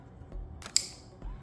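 An electrical connector, its rubber gasket checked and in great shape, is slid onto its mating connector on the engine of a 2021-2025 Nissan Rogue 1.5L Turbo during work on bad spark plugs and coil packs. Faint handling noises come before and after one sharp click at 0.8 s, and the connector is seated.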